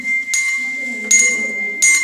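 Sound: bells ringing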